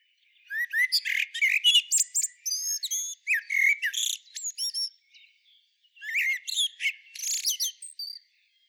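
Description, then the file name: Common blackbird giving rapid, squeaky, twittering phrases of thin whistles and chatter, in two bursts separated by a brief pause near the middle. "Turdus merula"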